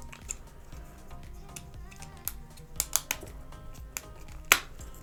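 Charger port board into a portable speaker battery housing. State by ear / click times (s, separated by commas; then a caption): seated / 4.5 s. A replacement charger port board for an Ultimate Ears UE Megaboom portable speaker is pressed into its seat on the speaker's battery housing, with quiet music in the background and a few small sharp taps at 0.3, 2.8, 3.0 and 3.1 seconds. The board clicks into place with the loudest sharp snap at 4.5 seconds, and it is seated.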